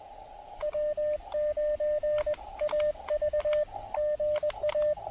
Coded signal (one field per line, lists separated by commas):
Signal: Morse code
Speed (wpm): 21 wpm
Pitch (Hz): 590 Hz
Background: radio noise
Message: W9AV GA